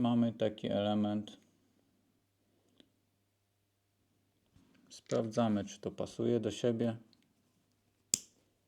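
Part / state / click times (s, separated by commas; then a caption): metal snap fastener part pressed into its mating part / seated / 8.1 s. Two metal snap fastener parts are pushed together by hand to check the fit while someone talks, with a faint tick at 2.8 s. A sharp, loud snap at 8.1 s marks the parts clicking together, and the fastener is seated and holds.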